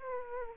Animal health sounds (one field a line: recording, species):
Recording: mosquito wingbeat signal from an infrared sensor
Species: Aedes aegypti